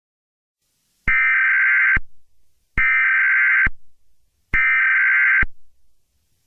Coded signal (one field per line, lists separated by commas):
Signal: Emergency Alert System (SAME) tones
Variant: header bursts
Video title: EAS Scenario #7 preview